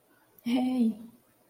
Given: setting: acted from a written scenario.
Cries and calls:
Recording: vocal sound without words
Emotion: sympathy

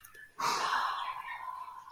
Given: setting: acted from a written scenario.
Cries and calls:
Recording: vocal sound without words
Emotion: ecstasy

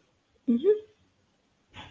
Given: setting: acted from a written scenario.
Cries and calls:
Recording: vocal sound without words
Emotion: contentment

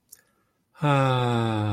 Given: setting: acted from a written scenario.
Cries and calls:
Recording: vocal sound without words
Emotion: serenity

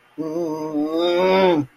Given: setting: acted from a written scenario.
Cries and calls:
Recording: vocal sound without words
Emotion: guilt

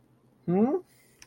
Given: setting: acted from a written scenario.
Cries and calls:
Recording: vocal sound without words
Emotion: confusion

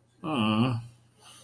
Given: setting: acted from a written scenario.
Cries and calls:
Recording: vocal sound without words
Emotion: sympathy

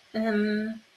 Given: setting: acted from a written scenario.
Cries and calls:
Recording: vocal sound without words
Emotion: embarrassment

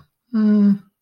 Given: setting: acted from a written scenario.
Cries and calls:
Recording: vocal sound without words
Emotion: neutral

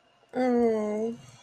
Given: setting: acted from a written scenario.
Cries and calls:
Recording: vocal sound without words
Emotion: guilt

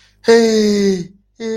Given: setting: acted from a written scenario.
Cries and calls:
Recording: vocal sound without words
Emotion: fear

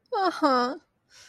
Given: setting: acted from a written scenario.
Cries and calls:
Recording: vocal sound without words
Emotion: embarrassment

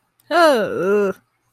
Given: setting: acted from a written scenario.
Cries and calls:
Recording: vocal sound without words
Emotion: negative surprise

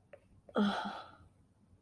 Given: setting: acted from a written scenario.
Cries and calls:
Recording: vocal sound without words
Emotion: guilt

